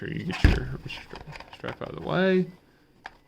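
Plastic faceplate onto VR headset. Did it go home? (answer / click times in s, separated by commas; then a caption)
yes / 3.1 s. Someone talks while a plastic faceplate is pushed down onto an Oculus Quest 2 VR headset, with the strap moved out of the way. A short sharp click at 3.1 s marks the faceplate seating in place, returning the headset to its original state.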